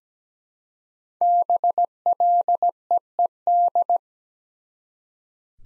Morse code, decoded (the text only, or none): BLEED